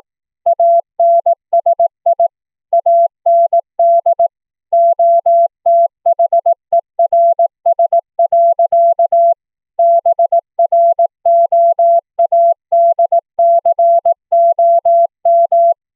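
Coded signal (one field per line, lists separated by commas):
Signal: Morse code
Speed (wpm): 18 wpm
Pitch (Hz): 680 Hz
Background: none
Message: ANSI AND OTHERS. BROADCOM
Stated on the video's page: CW audio generated by FLdigi from a text file, sent between two Linphone clients over the internet using the BroadVoice BV16 codec.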